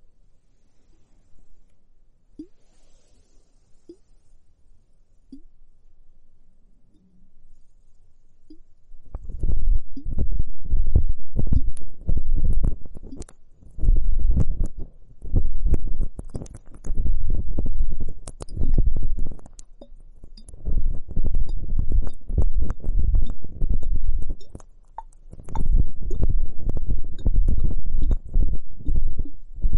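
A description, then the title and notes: Dense bubbling and foamy crackling fills the ears after a quiet opening of soft isolated pops and a faint rustle. From about nine seconds the bubbling turns thick and continuous, low and wet, with brief dips near twenty and twenty-five seconds. Foamy hourglass, comfortable bubble spa massage ears.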